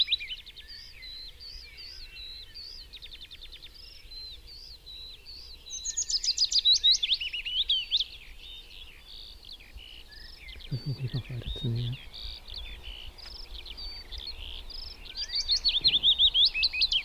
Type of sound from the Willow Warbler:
song